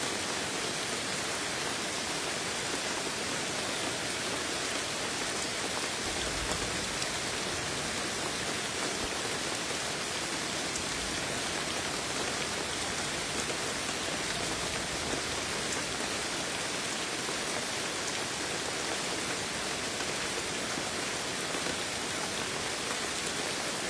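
Steady, dense rain hisses evenly across a mountain rainforest, bright, with a faint low rumble underneath and no breaks throughout.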